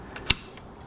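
An anti-tip bar is pushed into its tube on a VOCiC folding electric wheelchair, with faint small ticks at about 0.2 s and 0.6 s. At 0.3 s the spring catch ball snaps into the locating hole in the frame with a single sharp metallic click. The bar is seated, which keeps the wheelchair from tipping back.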